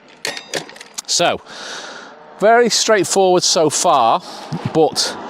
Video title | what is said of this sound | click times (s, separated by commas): The Most ADVANCED Folding Ebike Ever? : UTO Afternoon Pro20 | and then it just simply spins round and then locks into place at the back. | 0.2 s